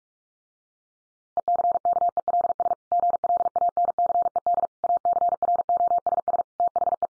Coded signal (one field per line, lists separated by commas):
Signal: Morse code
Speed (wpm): 44 wpm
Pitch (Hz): 700 Hz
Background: none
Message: ECKELS GLANCED ACROSS THE